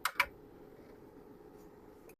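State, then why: Seated. On an Anycubic Kobra S1 3D printer, a reassembled print head part that was placed but not yet clipped is pressed so its two male pins snap into the two black holes of the toolhead housing. Two sharp clicks ring out at 0.1 s and 0.2 s over a low steady hum, and a much fainter tick follows near 2.1 s. The part is seated and clipped in.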